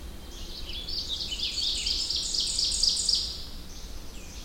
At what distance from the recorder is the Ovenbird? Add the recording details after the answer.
about 25 m. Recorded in boreal forest in Alberta, Canada, on 21 June 2016 at 06:51. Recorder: SongMeter 3, array SBT-6-81. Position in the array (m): 32 m, 95 m. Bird 24